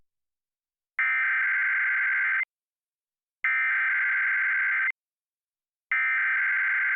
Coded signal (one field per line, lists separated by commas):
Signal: Emergency Alert System (SAME) tones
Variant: header bursts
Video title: Monthly Emergency Alert System (EAS) Tests - Seattle/Tacoma - March 2022